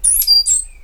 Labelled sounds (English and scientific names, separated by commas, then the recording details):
Stitchbird (Notiomystis cincta) song
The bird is a male
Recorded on Tiritiri Matangi Island, New Zealand, in 2005
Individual 8, of nest box 10